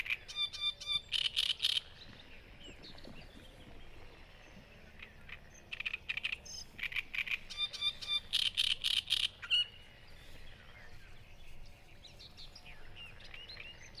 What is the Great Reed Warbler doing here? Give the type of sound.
song